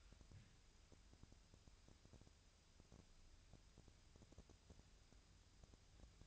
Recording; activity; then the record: daily activity, microphone in the room; wipe stove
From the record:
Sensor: 2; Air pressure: 1001.5 hPa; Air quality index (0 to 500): 226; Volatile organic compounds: 25 ppm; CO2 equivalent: 2834 ppm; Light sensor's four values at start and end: 8/26/10/9 and 8/26/10/9